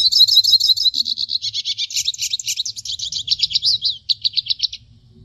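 Hooded siskin twittering a fast, continuous stream of high, thin chirps and buzzy trills, becoming slightly more spaced toward the end.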